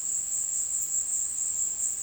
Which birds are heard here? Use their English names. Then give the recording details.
none. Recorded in secondary vegetation near Puerto Asís, Putumayo, Colombia, on 21 February 2024 at 16:30. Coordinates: 0.472, -76.331. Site G6371